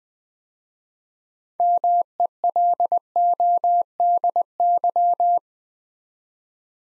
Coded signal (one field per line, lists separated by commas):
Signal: Morse code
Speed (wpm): 20 wpm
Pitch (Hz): 700 Hz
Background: none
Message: MELODY